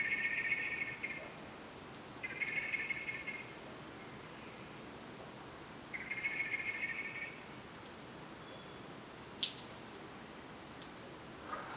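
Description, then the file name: Common blackbird giving rasping, buzzy call bursts, three spread over several seconds, over faint background hiss. "Turdus merula"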